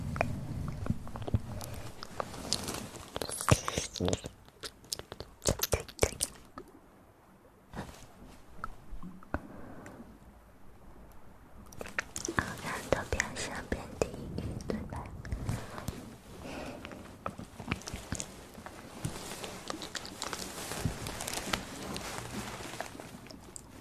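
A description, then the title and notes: Ear massage and mouth sounds: dense crackly rubbing and wet clicks, quieting briefly around seven to twelve seconds, then returning with steady scratchy bursts. Intense Ear Massage & Mouth Sounds.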